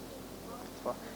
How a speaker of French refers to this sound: C'est comme le ventilateur qu'on entend là.